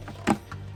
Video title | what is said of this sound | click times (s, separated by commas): Corn Snake, The Best Exotic Pet ? 🐍#cornsnake #snake #pets #petlover #animal #animallover #vlog | ठीक है and the lid is kind of locking lid ऐसे | 0.3 s